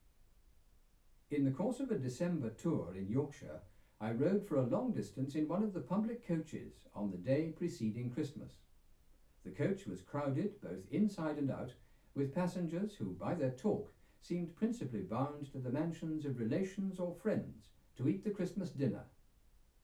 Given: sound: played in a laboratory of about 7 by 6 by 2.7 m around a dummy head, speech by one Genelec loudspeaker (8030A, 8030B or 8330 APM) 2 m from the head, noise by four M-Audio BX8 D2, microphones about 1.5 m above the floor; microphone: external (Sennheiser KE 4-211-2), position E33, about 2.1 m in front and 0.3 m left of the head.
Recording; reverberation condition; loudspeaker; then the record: male speech in English; low; 90 degrees to the right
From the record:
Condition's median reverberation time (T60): about 310 ms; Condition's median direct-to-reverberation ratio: about 3.5 dB